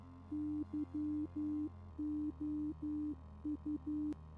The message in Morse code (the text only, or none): YOU